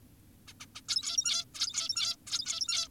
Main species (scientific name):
Taeniopygia guttata